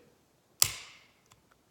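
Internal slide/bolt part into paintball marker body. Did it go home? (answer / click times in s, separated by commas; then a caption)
yes / 0.6 s. An internal slide/bolt part is pushed up and slid forward into the body of a Dlx Luxe X paintball marker, and the metal part gives one sharp click at 0.6 s as it seats into position. A bright ringing tail fades over about half a second, followed by a few faint ticks around 1.3 s and 1.5 s.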